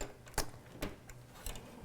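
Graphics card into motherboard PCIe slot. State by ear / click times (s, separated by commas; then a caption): not seated / none. A GTX 1060 graphics card is held over the PCIe slot on an Asus Prime Z370-A II motherboard, its gold-finger edge connector being lined up with the slot before it is pushed down. Only a few light handling ticks are heard over a quiet background. The card has not seated or clicked yet.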